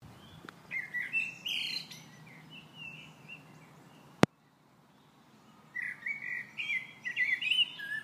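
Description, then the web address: Blackbird song: short whistled and warbled phrases around mid-high pitch, a pause with a sharp click near the middle, then another fluting, twittering phrase. "nes-harim senses-way blackbird"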